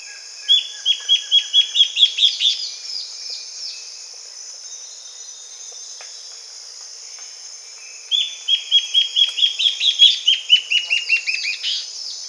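Bird giving two bursts of fast repeated bright notes, separated by a quiet gap.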